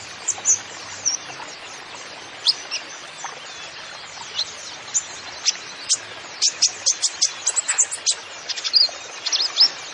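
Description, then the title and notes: Kolibri ninja song: faint twittering that builds into dense bursts of shrill chips in the second half. Masteran recording for training songbirds, bird singing vigorously (gacor) with full fill-in phrases (isian) and bursts (tembakan), suited as a lure (pancingan) to prompt other birds. "MASTERAN KOLIBRI NINJA TERBAIK FULL ISIAN DAN TEMBAKAN MEWAH COCOK BUAT PANCINGAN. Suara Burung Kolibri Ninja Gacor"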